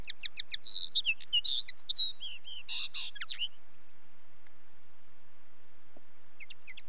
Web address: BBC Sound Effects Library - Birds Linnet